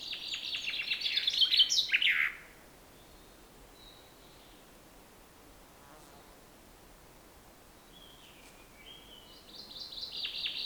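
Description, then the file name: Common chaffinch song: a loud trilled phrase ending in a flourish, a long quiet gap with a few faint notes, then another phrase beginning. "Fringilla coelebs"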